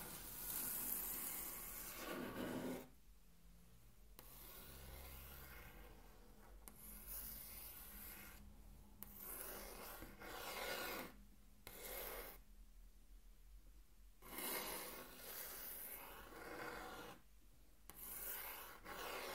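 Fingers or an object trace hard across a table in a run of bright, raspy rubbing strokes, each lasting one to two seconds. Short quiet gaps separate the strokes, with a low hum underneath. The scraping is loud, and some strokes sound coarser than others.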